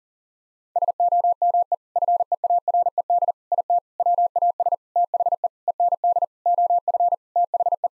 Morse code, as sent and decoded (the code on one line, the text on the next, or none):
... --- -- . / ..-. . .- .-. . -.. / .. - / .-- .- ... / - .... . / . -. -.. / --- ..-. / - .... .
SOME FEARED IT WAS THE END OF THE